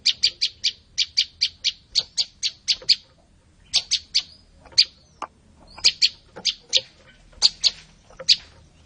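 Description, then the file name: Olive-backed tailorbird song of loud, sharp high chips in fast evenly paced runs, pausing briefly before resuming with further short bursts. "suara burung prenjak lumut. omkicau"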